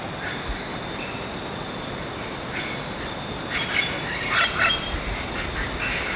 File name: st vincent parrot